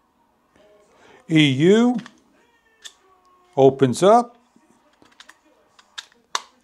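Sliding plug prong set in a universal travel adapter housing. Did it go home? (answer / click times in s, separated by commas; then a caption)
yes / 6.4 s. Someone talks while sliding out the EU plug prongs on a plastic universal travel adapter with dual AC outlets and two 35W USB-C PD fast-charging ports. Soft ticks from the slider lead into a sharp click at 6.3 s as the prong set reaches its position. The prongs lock into place and will not unlock until the button is pressed.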